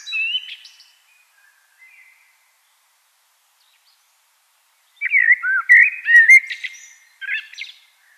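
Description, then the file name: Common blackbird song: a brief fluty fragment, a long pause, then a fuller phrase of looping whistles with high twittering notes. "Turdus merula"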